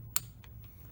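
A torque wrench on an engine casing bolt is pulled a final time and gives one sharp, bright click at 0.2 s as it reaches its torque setting. Two much fainter ticks follow at 0.4 s and 0.6 s over a low steady hum. The bolt is at the set torque and the job is done.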